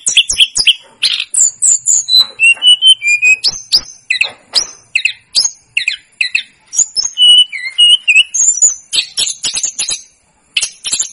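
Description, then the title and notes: Snowy-browed flycatcher singing a continuous stream of varied high twitters, sharp ticks and short slurred whistles. Masteran recording for training cage birds; local names tledekan gunung and sikatan gunung. "Masteran Tledekan Gunung Sikatan Gunung. BURUNG TLEDEKAN"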